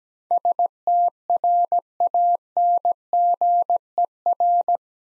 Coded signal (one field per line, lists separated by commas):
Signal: Morse code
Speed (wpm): 17 wpm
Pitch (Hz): 700 Hz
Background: none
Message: STRANGER